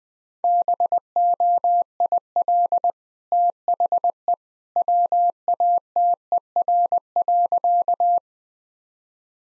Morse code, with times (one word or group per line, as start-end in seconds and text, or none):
0.4-2.9 BOIL
3.3-4.3 THE
4.8-8.2 WATER.